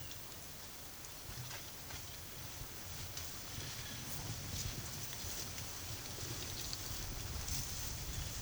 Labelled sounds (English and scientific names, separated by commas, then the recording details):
none
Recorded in pastures near Puerto Asís, Putumayo, Colombia, on 4 March 2025 at 12:00
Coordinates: 0.487, -76.322
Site G077